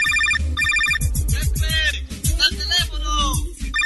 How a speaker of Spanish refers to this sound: ¡Teléfono!